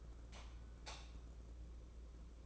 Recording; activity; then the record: daily activity, microphone in the room; light off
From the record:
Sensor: 1